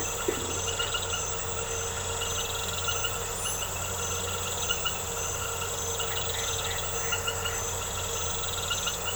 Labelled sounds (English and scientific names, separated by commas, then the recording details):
none
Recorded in secondary vegetation near Puerto Asís, Putumayo, Colombia, on 4 March 2025 at 21:00
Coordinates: 0.468, -76.324
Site G059